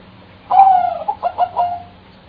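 Bird call: a single phrase opening with a drawn-out, slightly falling whistled note, then a few short pulsed notes, over a quiet background.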